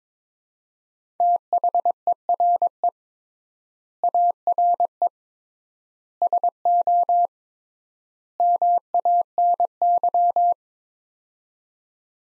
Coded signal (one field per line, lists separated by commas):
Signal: Morse code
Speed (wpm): 22 wpm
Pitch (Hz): 700 Hz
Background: none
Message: THERE ARE SO MANY